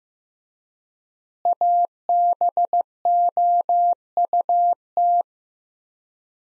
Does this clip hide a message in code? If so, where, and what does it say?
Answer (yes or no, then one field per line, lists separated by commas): yes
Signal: Morse code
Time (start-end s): 1.5-5.2 s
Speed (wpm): 15 wpm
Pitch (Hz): 700 Hz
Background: none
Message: ABOUT